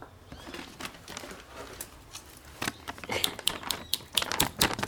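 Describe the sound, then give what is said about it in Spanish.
Soft rustling and rummaging give way to a series of sharp, irregular clicks and snips as a sleepwalking girl opens a pencil case and pulls out scissors, with no one speaking. “Abrió la cartuchera y sacó unas tijeras.”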